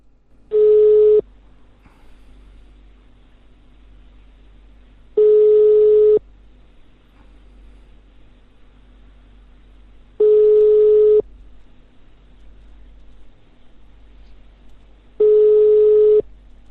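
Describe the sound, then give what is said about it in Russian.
A telephone busy signal after redialing a number whose owner does not pick up: four steady, mid-pitched beeps, each about a second long, separated by even pauses of roughly four seconds, over a faint hum with no voices. “Давайте еще раз наберем.”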